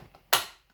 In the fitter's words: now it's clicking all the way home.